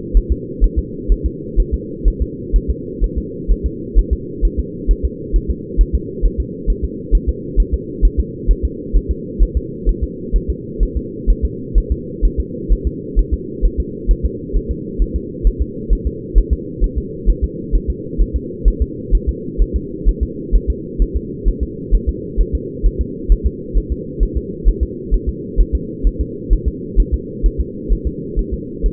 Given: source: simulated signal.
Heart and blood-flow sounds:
fetal heart sounds
0.17 s: S1
0.32 s: S2
0.64 s: S1
0.79 s: S2
1.12 s: S1
1.26 s: S2
1.60 s: S1
1.74 s: S2
2.08 s: S1
2.22 s: S2
2.56 s: S1
2.70 s: S2
3.04 s: S1
3.18 s: S2
3.51 s: S1
3.66 s: S2
3.99 s: S1
4.13 s: S2
4.45 s: S1
4.59 s: S2
4.91 s: S1
5.05 s: S2
5.36 s: S1
5.50 s: S2
5.81 s: S1
5.95 s: S2
6.25 s: S1
6.40 s: S2
6.70 s: S1
6.84 s: S2
7.15 s: S1
7.29 s: S2
7.60 s: S1
7.74 s: S2
8.05 s: S1
8.20 s: S2
8.51 s: S1
8.65 s: S2
8.96 s: S1
9.11 s: S2
9.43 s: S1
9.57 s: S2
9.89 s: S1
10.03 s: S2
10.36 s: S1
10.50 s: S2
10.83 s: S1
10.97 s: S2
11.30 s: S1
11.45 s: S2
11.78 s: S1
11.92 s: S2
12.25 s: S1
12.40 s: S2
12.72 s: S1
12.87 s: S2
13.19 s: S1
13.34 s: S2
13.65 s: S1
13.80 s: S2
14.11 s: S1
14.25 s: S2
14.56 s: S1
14.71 s: S2
15.02 s: S1
15.16 s: S2
15.47 s: S1
15.61 s: S2
15.93 s: S1
16.07 s: S2
16.38 s: S1
16.53 s: S2
16.84 s: S1
16.98 s: S2
17.30 s: S1
17.44 s: S2
17.75 s: S1
17.90 s: S2
18.21 s: S1
18.36 s: S2
18.68 s: S1
18.82 s: S2
19.15 s: S1
19.29 s: S2
19.62 s: S1
19.76 s: S2
20.09 s: S1
20.23 s: S2
20.55 s: S1
20.70 s: S2
21.02 s: S1
21.16 s: S2
21.48 s: S1
21.63 s: S2
21.95 s: S1
22.09 s: S2
22.41 s: S1
22.55 s: S2
22.86 s: S1
23.01 s: S2
23.32 s: S1
23.46 s: S2
23.78 s: S1
23.92 s: S2
24.23 s: S1
24.37 s: S2
24.68 s: S1
24.83 s: S2
25.14 s: S1
25.29 s: S2
25.60 s: S1
25.75 s: S2
26.07 s: S1
26.21 s: S2
26.53 s: S1
26.68 s: S2
27.00 s: S1
27.14 s: S2
27.46 s: S1
27.60 s: S2
27.93 s: S1
28.07 s: S2
28.39 s: S1
28.54 s: S2
28.86 s: S1
From the record:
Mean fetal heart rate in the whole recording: 130 bpm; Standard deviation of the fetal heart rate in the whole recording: 2 bpm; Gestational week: 36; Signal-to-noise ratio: -4.1 dB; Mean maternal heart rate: no maternal heart sound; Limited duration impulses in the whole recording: absent

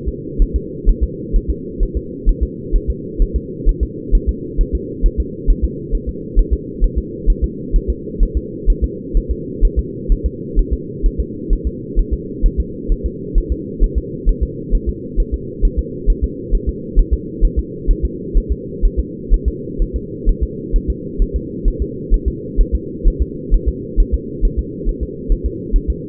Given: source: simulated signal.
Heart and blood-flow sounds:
fetal heart sounds
0.09 s: S2
0.42 s: S1
0.56 s: S2
0.89 s: S1
1.03 s: S2
1.36 s: S1
1.50 s: S2
1.83 s: S1
1.97 s: S2
2.29 s: S1
2.43 s: S2
2.76 s: S1
2.90 s: S2
3.22 s: S1
3.36 s: S2
3.69 s: S1
3.83 s: S2
4.15 s: S1
4.29 s: S2
4.61 s: S1
4.75 s: S2
5.06 s: S1
5.20 s: S2
5.50 s: S1
5.64 s: S2
5.95 s: S1
6.09 s: S2
6.39 s: S1
6.53 s: S2
6.84 s: S1
6.98 s: S2
7.30 s: S1
7.44 s: S2
7.76 s: S1
7.90 s: S2
8.23 s: S1
8.37 s: S2
8.70 s: S1
8.84 s: S2
9.17 s: S1
9.31 s: S2
9.65 s: S1
9.79 s: S2
10.12 s: S1
10.26 s: S2
10.59 s: S1
10.73 s: S2
11.06 s: S1
11.20 s: S2
11.53 s: S1
11.67 s: S2
11.99 s: S1
12.13 s: S2
12.46 s: S1
12.60 s: S2
12.92 s: S1
13.06 s: S2
13.38 s: S1
13.52 s: S2
13.84 s: S1
13.98 s: S2
14.29 s: S1
14.43 s: S2
14.75 s: S1
14.89 s: S2
15.20 s: S1
15.34 s: S2
15.65 s: S1
15.79 s: S2
16.10 s: S1
16.24 s: S2
16.55 s: S1
16.69 s: S2
16.99 s: S1
17.13 s: S2
17.45 s: S1
17.59 s: S2
17.91 s: S1
18.05 s: S2
18.38 s: S1
18.52 s: S2
18.85 s: S1
18.99 s: S2
19.34 s: S1
19.48 s: S2
19.82 s: S1
19.96 s: S2
20.29 s: S1
20.43 s: S2
20.76 s: S1
20.90 s: S2
21.22 s: S1
21.36 s: S2
21.68 s: S1
21.82 s: S2
22.14 s: S1
22.28 s: S2
22.61 s: S1
22.75 s: S2
23.07 s: S1
23.22 s: S2
23.54 s: S1
23.68 s: S2
24.00 s: S1
24.14 s: S2
24.45 s: S1
24.59 s: S2
24.89 s: S1
25.03 s: S2
25.32 s: S1
25.46 s: S2
25.76 s: S1
25.90 s: S2
From the record:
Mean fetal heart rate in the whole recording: 130 bpm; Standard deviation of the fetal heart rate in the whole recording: 4 bpm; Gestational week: 38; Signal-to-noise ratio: -4.1 dB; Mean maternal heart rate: no maternal heart sound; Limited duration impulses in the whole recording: absent

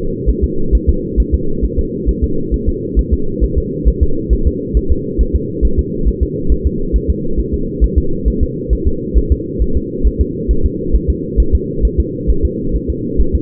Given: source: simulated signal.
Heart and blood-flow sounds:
fetal heart sounds
0.30 s: S1
0.44 s: S2
0.75 s: S1
0.89 s: S2
1.20 s: S1
1.34 s: S2
1.65 s: S1
1.79 s: S2
2.09 s: S1
2.24 s: S2
2.54 s: S1
2.69 s: S2
2.99 s: S1
3.14 s: S2
3.44 s: S1
3.58 s: S2
3.88 s: S1
4.03 s: S2
4.33 s: S1
4.47 s: S2
4.77 s: S1
4.92 s: S2
5.21 s: S1
5.36 s: S2
5.65 s: S1
5.79 s: S2
6.08 s: S1
6.23 s: S2
6.52 s: S1
6.67 s: S2
6.96 s: S1
7.10 s: S2
7.40 s: S1
7.54 s: S2
7.84 s: S1
7.98 s: S2
8.28 s: S1
8.43 s: S2
8.73 s: S1
8.88 s: S2
9.18 s: S1
9.32 s: S2
9.62 s: S1
9.77 s: S2
10.07 s: S1
10.21 s: S2
10.51 s: S1
10.66 s: S2
10.95 s: S1
11.10 s: S2
11.40 s: S1
11.55 s: S2
11.85 s: S1
12.00 s: S2
12.30 s: S1
12.45 s: S2
12.76 s: S1
12.90 s: S2
13.21 s: S1
13.35 s: S2
From the record:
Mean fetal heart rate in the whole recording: 135 bpm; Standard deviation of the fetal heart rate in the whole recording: 3 bpm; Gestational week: 34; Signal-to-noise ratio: -8.1 dB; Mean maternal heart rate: 72 bpm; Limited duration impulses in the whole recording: absent

